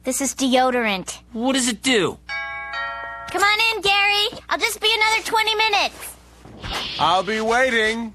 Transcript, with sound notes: This is deodorant.
What does it do?
*door rings* Come on in Gary! I'll just be another 20 minutes.
I'll be waiting!